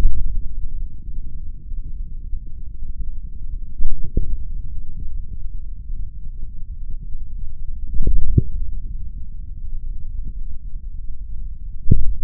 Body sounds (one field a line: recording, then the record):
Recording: forearm muscle sounds (acoustic myography)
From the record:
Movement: hand opening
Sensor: system 3, bracelet of six PUI Audio POM-2738L microphones around the upper forearm, with dedicated amplification and filtering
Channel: 6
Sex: male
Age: 26 years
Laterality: right